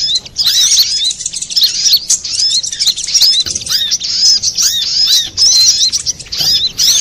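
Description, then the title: Little spiderhunter: high, tumbling twitter from a little spiderhunter, many quick arched notes packed together in a steady, excited stream. Master recording for training cage birds. "Masteran Burung Sogok Ontong Labaik"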